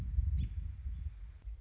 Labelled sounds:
American Robin (Turdus migratorius)
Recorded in Sonoma County, California

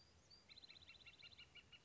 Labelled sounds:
Northern Flicker (Colaptes auratus)
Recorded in Sonoma County, California

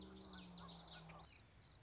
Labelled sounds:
Common Yellowthroat (Geothlypis trichas)
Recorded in Sonoma County, California

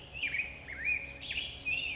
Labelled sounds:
Black-headed Grosbeak (Pheucticus melanocephalus)
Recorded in Sonoma County, California

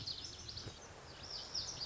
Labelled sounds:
Lazuli Bunting (Passerina amoena)
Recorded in Sonoma County, California

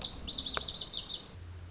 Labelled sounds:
Lazuli Bunting (Passerina amoena)
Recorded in Sonoma County, California

